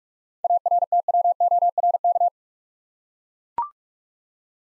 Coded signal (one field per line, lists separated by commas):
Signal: Morse code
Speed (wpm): 44 wpm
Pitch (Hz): 700 Hz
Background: none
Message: ARTWORK